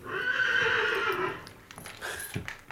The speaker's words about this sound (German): Drüben in der Reihe hat das dritte Pferd gewiehert.